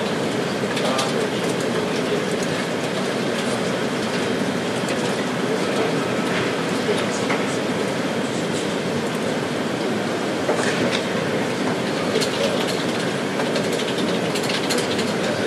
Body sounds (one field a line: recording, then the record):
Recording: background sound without coughing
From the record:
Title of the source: Office Sounds Ambience - Background Noise for Study and Work